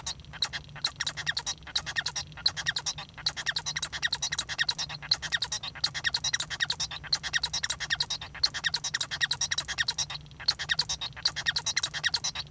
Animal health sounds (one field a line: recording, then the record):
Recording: song of a male Bengalese finch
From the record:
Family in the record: son of father 1